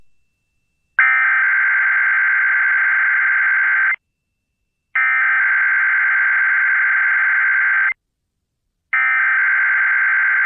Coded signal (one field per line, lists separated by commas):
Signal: Emergency Alert System (SAME) tones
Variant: header bursts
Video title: EAS #588: EAS Required Monthly Test- Dec. 7, 2021- 8:20AM PST